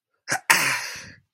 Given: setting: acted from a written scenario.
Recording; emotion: vocal sound without words; negative surprise